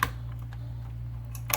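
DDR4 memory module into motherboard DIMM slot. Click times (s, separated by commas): 0.0 s, 1.5 s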